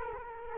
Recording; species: mosquito wingbeat signal from an infrared sensor; Culex quinquefasciatus